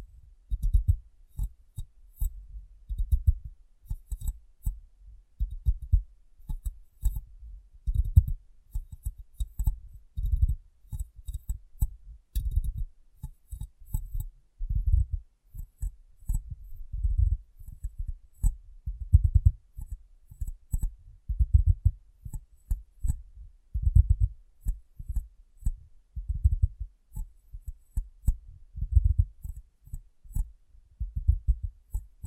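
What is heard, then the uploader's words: Soft tapping on glass fills the whole recording in quick, uneven clusters of dull, low thumps, a few per second with brief pauses between runs. Faint crisp clicks sit above the thuds. ASMR Glass Brain Tapping & Cleaning (No Talking).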